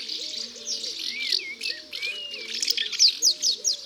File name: Hirondelle de fenetre ABC des chants doiseaux